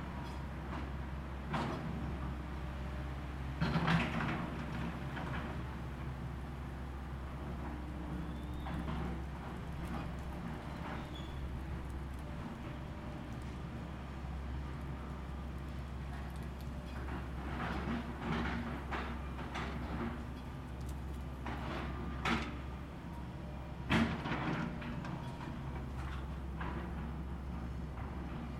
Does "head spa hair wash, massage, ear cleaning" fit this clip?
no